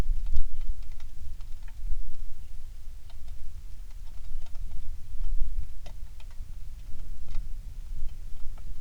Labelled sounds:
songbird, wind

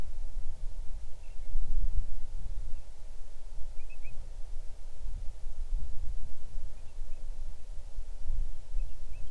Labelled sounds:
bird

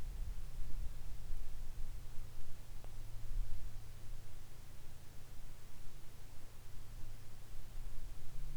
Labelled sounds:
wind

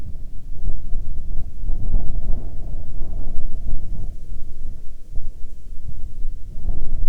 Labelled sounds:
wind

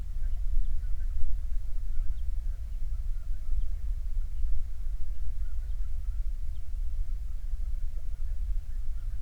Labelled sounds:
songbird, waterfowl, insects

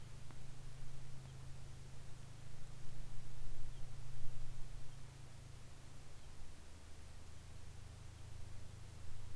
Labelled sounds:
bird, aircraft

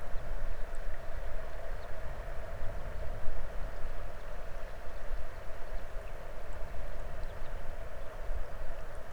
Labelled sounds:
songbird, water

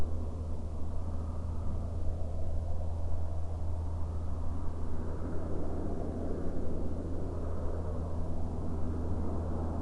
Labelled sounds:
aircraft

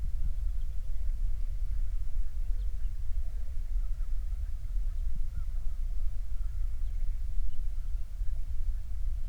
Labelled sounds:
songbird, waterfowl

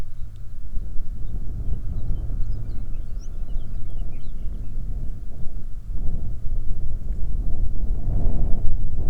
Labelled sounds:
songbird, wind

